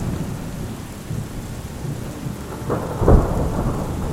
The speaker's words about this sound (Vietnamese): Bên ngoài trời đột nhiên đổ mưa, sấm chớp đánh đì đùng.